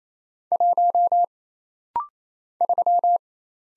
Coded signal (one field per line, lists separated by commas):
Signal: Morse code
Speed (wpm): 27 wpm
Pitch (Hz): 700 Hz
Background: none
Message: 1 3